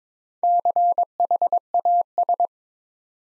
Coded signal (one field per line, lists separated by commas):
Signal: Morse code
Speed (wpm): 22 wpm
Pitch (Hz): 700 Hz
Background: none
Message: CHAS